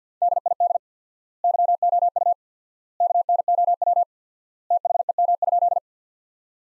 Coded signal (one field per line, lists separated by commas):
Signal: Morse code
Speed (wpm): 50 wpm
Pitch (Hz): 700 Hz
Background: none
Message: DID YOU KNOW THEM?